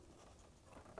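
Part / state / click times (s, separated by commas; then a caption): cooling fan electrical connector into the fan wiring harness plug / not seated / none. Someone handles the passenger-side electric cooling fan connector on a 2004–2009 Subaru Outback, lining it up by its two lower tabs with the fan wiring harness plug while replacing the radiator. Soft, steady patter and rustling handling noise runs throughout, with a brief sharp tap at 0.98 s. The connector has not seated or clicked into the harness plug yet.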